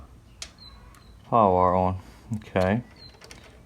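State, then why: Seated. While replacing the starter solenoid on a zero-turn mower, the red wire's connector, which hadn't snapped on when power was first connected, is pushed back onto its solenoid terminal as someone talks. Two quick snaps at 3.2 and 3.3 seconds mark the connector seating onto the terminal.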